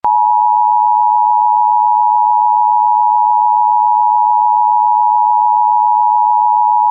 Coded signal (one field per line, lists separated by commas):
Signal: Emergency Alert System (SAME) tones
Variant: 853 and 960 Hz attention tone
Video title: EAS *** Zombie Alert *** (LOOKS REALISTIC)